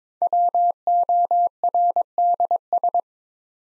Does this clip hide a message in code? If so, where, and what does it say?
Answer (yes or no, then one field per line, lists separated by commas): yes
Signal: Morse code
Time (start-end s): 0.2-3.0 s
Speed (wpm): 22 wpm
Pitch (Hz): 700 Hz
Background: none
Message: WORDS